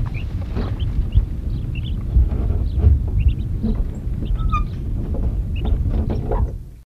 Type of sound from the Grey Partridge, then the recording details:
call. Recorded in captivity. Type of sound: call. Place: Mittelstendorf (Soltau), Niedersachsen, DE. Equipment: Halbspur, 9,5 cm/s. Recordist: Lütgens, Hans. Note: Rebhuhnzucht, dreiwöchig